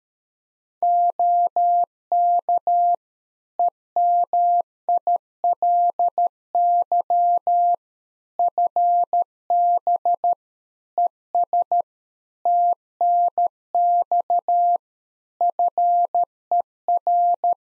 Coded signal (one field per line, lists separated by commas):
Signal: Morse code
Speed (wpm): 13 wpm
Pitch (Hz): 700 Hz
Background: none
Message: OK EMILY FB ES TNX FER